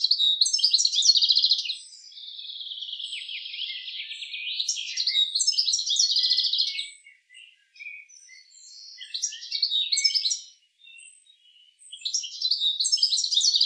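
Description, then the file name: European goldfinch song in rapid liquid twitters and buzzy notes, in several bursts separated by short gaps. "Carduelis carduelis"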